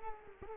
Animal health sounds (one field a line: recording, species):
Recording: mosquito wingbeat signal from an infrared sensor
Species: Culex quinquefasciatus